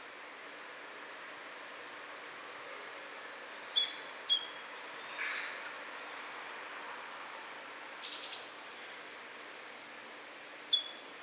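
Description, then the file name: Great tit calls: sparse high, thin falling notes in a few short bursts over steady background hiss. "Parus major"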